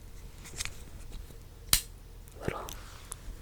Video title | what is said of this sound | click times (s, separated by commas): Satisfying ASMR Unboxing - Beyblade X: Keel Shark & Lance Knight | We're going to get the bit, and then click it in, just like | 1.7 s